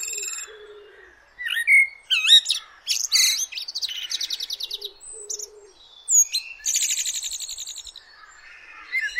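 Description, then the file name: Common blackbird song: a few fluted whistles, then long bursts of high, squeaky twittering and rapid buzzy trills, with pauses between phrases and faint low notes in the background. "Turdus merula"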